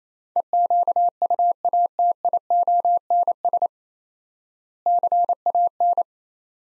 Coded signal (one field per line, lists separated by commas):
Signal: Morse code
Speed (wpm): 27 wpm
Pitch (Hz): 700 Hz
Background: none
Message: EQUATIONS CAN